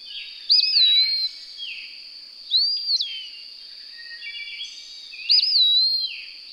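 Bird song with three loud whistled phrases, each rising then falling smoothly, separated by pauses, above a constant high-pitched buzz.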